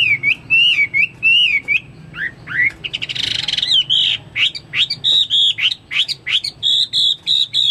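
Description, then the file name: Chinese hwamei song with repeated looping whistles, a harsh buzzy rasp in the middle, then a fast series of sharp upward-slurred whistled notes. "omkicau hwamei"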